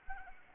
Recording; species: mosquito wingbeat signal from an infrared sensor; Anopheles arabiensis